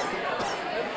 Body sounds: coughing mixed with background sound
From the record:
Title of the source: Coughing 79

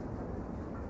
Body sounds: background sound without coughing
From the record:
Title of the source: Train Ride Ambience ambient white noise for sleeping, focus, studying, reading

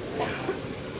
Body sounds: coughing mixed with background sound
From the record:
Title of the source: 61 morning phlegmy cough...again

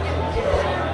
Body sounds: background sound without coughing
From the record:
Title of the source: CITY SOUNDS Busy Bar in the Evening Night - 2 HOURS of Ambiance for Relaxation

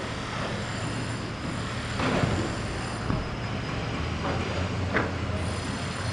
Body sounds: background sound without coughing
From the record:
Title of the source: 30 MINUTES Construction Site Ambience (CC BY 4.0)

